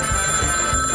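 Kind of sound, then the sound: signal or alarm, telephone ringing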